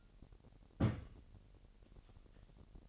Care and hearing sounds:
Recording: daily activity, microphone in the room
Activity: place on stove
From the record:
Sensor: 4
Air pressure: 1012.9 hPa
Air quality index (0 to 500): 239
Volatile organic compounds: 4 ppm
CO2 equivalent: 1592 ppm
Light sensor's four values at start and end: 28/67/27/26 and 28/67/27/26

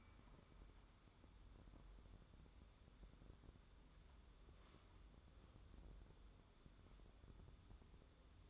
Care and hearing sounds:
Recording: daily activity, microphone in the room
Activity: wipe stove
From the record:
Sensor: 3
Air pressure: 1015.0 hPa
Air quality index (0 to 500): 63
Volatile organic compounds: 1 ppm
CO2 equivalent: 823 ppm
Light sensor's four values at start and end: 15/39/15/16 and 15/39/15/16

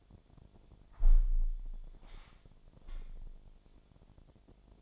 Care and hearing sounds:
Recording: daily activity, microphone in the room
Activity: close window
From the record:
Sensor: 5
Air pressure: 1006.5 hPa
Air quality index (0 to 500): 186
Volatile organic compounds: 5 ppm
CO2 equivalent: 1766 ppm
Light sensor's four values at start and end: 57/161/63/63 and 56/161/62/63

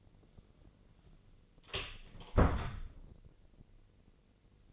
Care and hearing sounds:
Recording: daily activity, microphone in the room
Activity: close door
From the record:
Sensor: 4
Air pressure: 1013.2 hPa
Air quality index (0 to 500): 176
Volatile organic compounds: 2 ppm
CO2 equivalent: 1108 ppm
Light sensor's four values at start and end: 91/228/94/99 and 67/164/69/69

